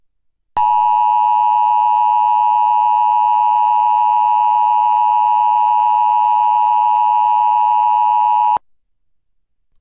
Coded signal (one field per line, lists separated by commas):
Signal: Emergency Alert System (SAME) tones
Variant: 853 and 960 Hz attention tone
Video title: EAS #499: EAS Required Weekly Test- Apr. 19, 2021- 11:58AM PDT